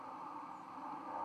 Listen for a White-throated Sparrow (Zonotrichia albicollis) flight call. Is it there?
no